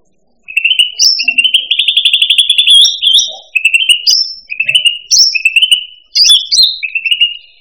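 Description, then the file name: Cucak rante song: a rapid ringing trill followed by repeated bright whistled phrases and sharp upward squeaks, delivered almost continuously. "suara burung cucak rante. omkicau"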